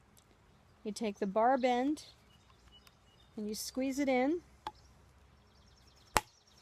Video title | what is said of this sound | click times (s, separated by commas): irrigated summer greens in the heat of summer | until it snaps | 6.2 s